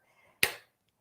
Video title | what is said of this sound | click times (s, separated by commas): Live Product Spotlight: Continuum II and the Q'nique 21 Pro | it click when i i ratchet it back into place so | 0.4 s